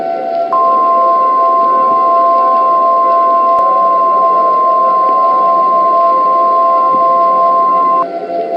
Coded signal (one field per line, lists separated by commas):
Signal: Emergency Alert System (SAME) tones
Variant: 1050 Hz attention tone